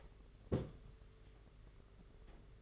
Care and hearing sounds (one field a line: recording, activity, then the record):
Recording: daily activity, microphone in the room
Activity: place on stove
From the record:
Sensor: 4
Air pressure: 991.9 hPa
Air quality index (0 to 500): 85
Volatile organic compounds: 6 ppm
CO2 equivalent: 1929 ppm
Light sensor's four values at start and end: 21/75/27/29 and 21/75/27/29